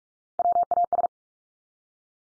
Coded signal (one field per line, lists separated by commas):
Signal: Morse code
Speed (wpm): 44 wpm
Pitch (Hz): 700 Hz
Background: none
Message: WAS